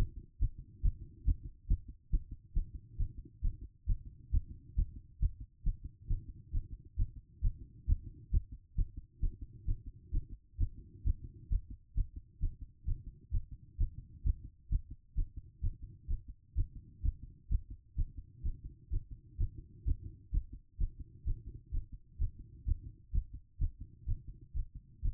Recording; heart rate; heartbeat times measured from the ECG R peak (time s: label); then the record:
heart sounds by stethoscope; 130 bpm
0.40 s: heartbeat
0.83 s: heartbeat
1.26 s: heartbeat
1.68 s: heartbeat
2.11 s: heartbeat
2.54 s: heartbeat
2.98 s: heartbeat
3.42 s: heartbeat
3.87 s: heartbeat
4.32 s: heartbeat
4.76 s: heartbeat
5.20 s: heartbeat
5.64 s: heartbeat
6.08 s: heartbeat
6.52 s: heartbeat
6.97 s: heartbeat
7.42 s: heartbeat
7.87 s: heartbeat
8.32 s: heartbeat
8.76 s: heartbeat
9.21 s: heartbeat
9.66 s: heartbeat
10.12 s: heartbeat
10.58 s: heartbeat
11.04 s: heartbeat
11.50 s: heartbeat
11.95 s: heartbeat
12.41 s: heartbeat
12.86 s: heartbeat
13.32 s: heartbeat
13.78 s: heartbeat
14.24 s: heartbeat
14.70 s: heartbeat
15.16 s: heartbeat
15.62 s: heartbeat
16.08 s: heartbeat
16.55 s: heartbeat
17.03 s: heartbeat
17.50 s: heartbeat
17.96 s: heartbeat
18.43 s: heartbeat
18.91 s: heartbeat
19.38 s: heartbeat
19.85 s: heartbeat
20.32 s: heartbeat
20.79 s: heartbeat
21.25 s: heartbeat
21.72 s: heartbeat
22.19 s: heartbeat
22.66 s: heartbeat
23.13 s: heartbeat
23.59 s: heartbeat
24.06 s: heartbeat
24.54 s: heartbeat
25.02 s: heartbeat
From the record:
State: after exercise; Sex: female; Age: 36 years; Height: 178 cm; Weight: 74 kg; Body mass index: 23.36